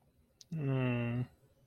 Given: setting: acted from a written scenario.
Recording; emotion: vocal sound without words; shame